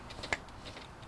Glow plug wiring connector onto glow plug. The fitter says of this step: so just get the connector on and you'll hear the click now